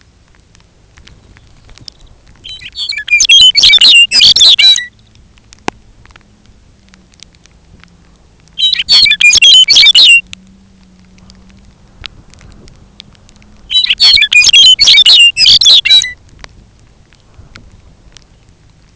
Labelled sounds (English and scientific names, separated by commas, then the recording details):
Lapland Longspur (Calcarius lapponicus), Red Phalarope (Phalaropus fulicarius)
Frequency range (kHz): Red Phalarope (Phalaropus fulicarius) 2.0-3.6 kHz
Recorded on Arctic tundra, site UTQI-5, on 13 June 2019
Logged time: 18:00